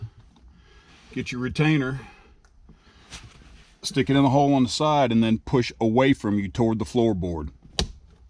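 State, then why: Seated. On a 2018-and-up Jeep Wrangler JL or Gladiator JT, the plastic glove box retainer (damper arm) is inserted into the hole on the side of the glove box and pushed away toward the floorboard while someone talks. A sharp snap at 7.8 seconds marks the retainer seating back into place.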